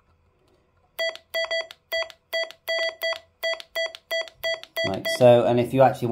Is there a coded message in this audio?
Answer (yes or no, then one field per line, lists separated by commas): no